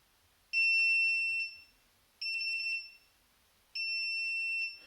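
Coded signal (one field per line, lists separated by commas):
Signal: beep code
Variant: Classic Army airsoft gun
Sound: three loud, shrill, steady electronic beeps of about one second each, evenly spaced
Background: small indoor room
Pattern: 3 long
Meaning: The beeps indicate the gun's current fire-mode setting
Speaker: So that's the current setting we're on.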